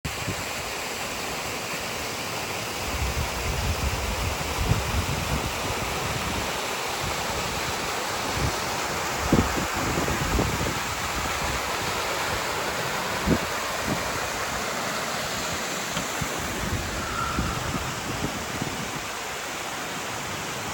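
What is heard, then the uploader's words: A small multi-stage waterfall pours in a steady, dense rush that fills the whole clip without pause. The roar sits mostly in the middle and upper range, with soft low thumps and splashes flickering underneath, a few slightly stronger around nine and thirteen seconds. A close up of a small multi stage waterfall on Ammonoosuc Ravine Trail.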